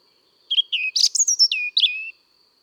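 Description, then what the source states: European robin song: a short melodic phrase of clear descending whistles, a brief scratchy burst, then falling liquid notes. Recorded in January.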